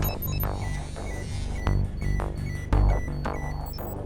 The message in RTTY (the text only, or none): none